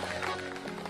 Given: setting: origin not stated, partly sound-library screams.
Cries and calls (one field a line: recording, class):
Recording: one-second piece from a danger detection set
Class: normal situation